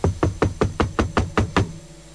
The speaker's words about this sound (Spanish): De repente, alguien golpea la puerta.